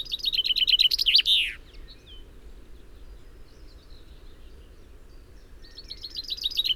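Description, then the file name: Common chaffinch singing a rapid trill with a flourish at the end, faint high chirps in between, and a second song starting near the close. "Fringilla coelebs"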